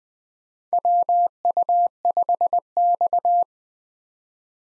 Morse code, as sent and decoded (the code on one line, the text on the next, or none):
.-- ..- ..... -..-
WU5X